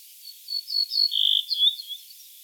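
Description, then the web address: Ortolan bunting calls: a short cluster of high, thin chirping notes, slurred and overlapping, over faint background hiss. "emberiza hortulana call"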